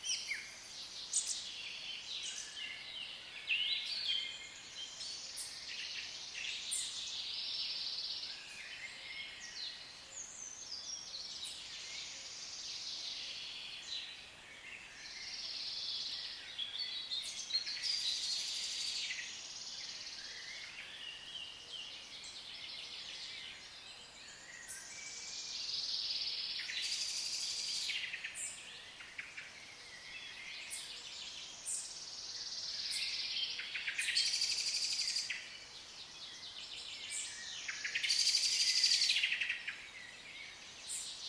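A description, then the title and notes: Birds sing continuously in the woods, high bright chirps and trills overlapping densely throughout, with louder bursts near the end over a quiet background. Birds Singing in the Woods.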